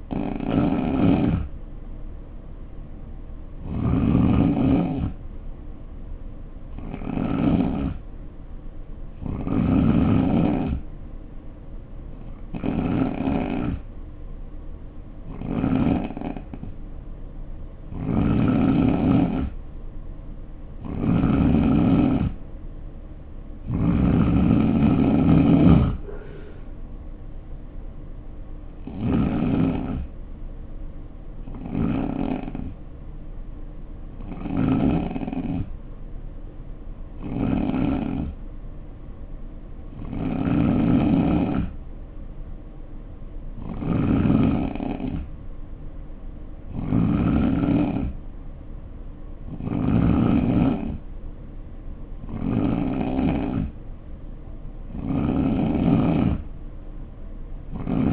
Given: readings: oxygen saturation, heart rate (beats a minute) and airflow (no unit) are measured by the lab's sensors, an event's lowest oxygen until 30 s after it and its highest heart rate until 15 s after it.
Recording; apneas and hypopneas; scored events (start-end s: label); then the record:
breathing in sleep by a smartphone at the bedside; 2
5.00-19.50 s: hypopnea (N3, oxygen 90% highest, then 87% lowest, heart rate 62 at the start, 72 highest)
33.00-51.90 s: hypopnea (N3, oxygen 92% highest, then 88% lowest, heart rate 66 at the start, 67 highest)
47.00-58.13 s: new sleep stage, N2 (light sleep)
From the record:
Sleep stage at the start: N3 (deep sleep); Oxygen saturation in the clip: 87 to 92%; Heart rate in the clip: 57 to 72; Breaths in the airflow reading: 19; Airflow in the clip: -4.1 to 7.8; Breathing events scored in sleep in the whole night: 520 in 7.2 hours asleep